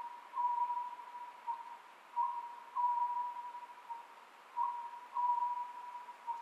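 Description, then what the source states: Oriental scops owl repeating soft hooted phrases at a steady pace, with light background hiss. Recorded 27 May 2010 at 23:35.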